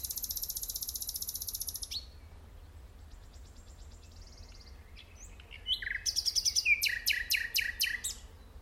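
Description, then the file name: Common nightingale song opening with a long high buzzing trill, a softer series of notes, then loud repeated staccato notes. "Luscinia megarhynchos"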